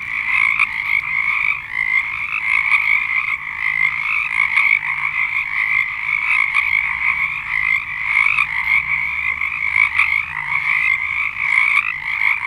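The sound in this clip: Frogs calling in a dense chorus, a continuous overlapping mass of high croaking trills with no breaks, steady throughout.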